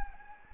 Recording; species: mosquito wingbeat signal from an infrared sensor; Anopheles gambiae